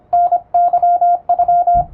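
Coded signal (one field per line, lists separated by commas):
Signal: Morse code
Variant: Japanese Wabun code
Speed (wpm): 25 wpm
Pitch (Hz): 700 Hz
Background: radio noise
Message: タケノ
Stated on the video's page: Japanese plain-language Morse practice for the radiotelegraph operator exam, sent on an electronic keyer, somewhat fast.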